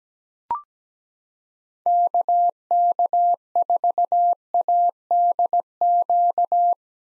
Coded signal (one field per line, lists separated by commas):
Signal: Morse code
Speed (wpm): 17 wpm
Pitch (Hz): 700 Hz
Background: none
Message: KK4ADQ